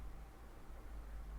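A screw is turned backwards in a plastic light housing with no metal inserts, to align its thread with the existing thread so it follows the same threads each time it is removed and replaced. Only a steady low, broadband hum and rustle is heard, with no distinct transients. Nothing has clicked or seated yet.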